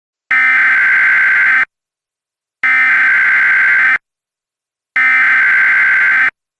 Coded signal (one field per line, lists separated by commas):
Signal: Emergency Alert System (SAME) tones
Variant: header bursts